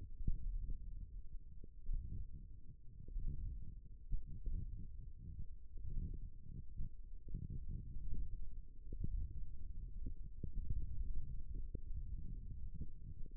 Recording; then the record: forearm muscle sounds (acoustic myography)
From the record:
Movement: index flexion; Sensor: system 1, eight BSWA MPA416 microphones around the upper forearm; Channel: 7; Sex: male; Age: 18 years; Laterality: right